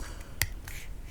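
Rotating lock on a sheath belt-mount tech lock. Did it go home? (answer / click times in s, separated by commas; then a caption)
yes / 0.4 s. The rotating lock on a double-lock tech-lok belt mount for the sheath of a Spanish-made Hydra Esus heavy-duty bushcraft fixed-blade knife is turned, a little hard, until it gives a sharp, bright click at 0.4 s, followed by a fainter tick at about 0.7 s. The lock is seated, and the release button can no longer be pressed.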